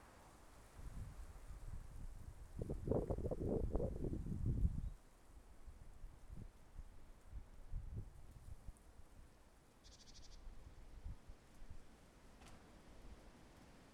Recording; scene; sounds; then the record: everyday scene through a hearing-aid microphone; wind on the microphone; wind, traffic, birds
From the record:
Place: suburban garden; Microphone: behind the ear, left, rear